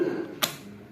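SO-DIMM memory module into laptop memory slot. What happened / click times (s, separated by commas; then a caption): The memory module snapped down into its latches / 0.4 s. A 32 GB SO-DIMM memory module is pressed down into the memory slot of an Aspire E 14 E5-475-37KP Core i3 laptop being upgraded to 64 GB, until the side latches snap. After a quiet low rumble, one short, sharp, bright click sounds at 0.4 s, then fades quickly. The module is seated in its latches.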